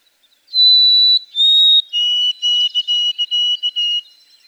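White-throated sparrow song: two long clear whistled notes, the second slightly lower, followed by a series of shorter repeated whistled notes on a steady lower pitch.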